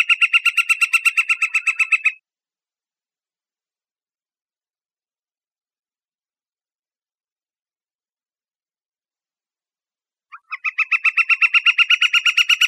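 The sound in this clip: Bird giving a fast, even series of harsh pulsed notes in two bursts separated by a long silent gap.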